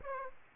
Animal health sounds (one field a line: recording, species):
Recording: mosquito wingbeat signal from an infrared sensor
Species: Aedes aegypti